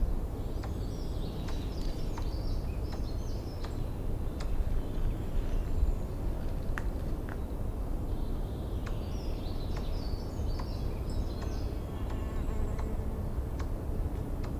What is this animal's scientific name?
Sciurus vulgaris